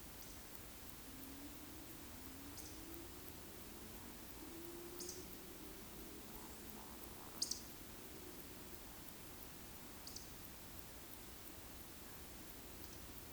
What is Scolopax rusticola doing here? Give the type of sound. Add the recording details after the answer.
whistle, croak. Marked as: whistle, whistle, croak, whistle, croak, whistle, whistle, whistle. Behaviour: display flight. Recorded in Baden-Württemberg, Germany, on 13 June 2021 at 20:27 UTC. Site 23718, 552 m above sea level